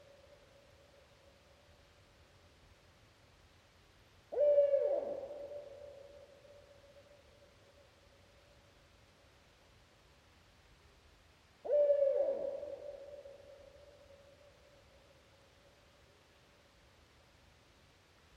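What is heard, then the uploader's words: An owl hoots twice in a still, quiet night forest, once near the start and again about seven seconds later, each call a low, mellow tone that swells and slowly fades. Between calls a faint steady hum and soft low rumble fill the silence. Still air in a cool late Spring night in a temperate deciduous forest, quiet air broken only by a calling Barred Owl, Strix varia, echoing through the forest, mastered stereo mixdown from original quad Tree Ears recording with UsiPro for the front and a Clippy EM272 pair for the rear. Deciduous Forest Quiet Still Night With Owl.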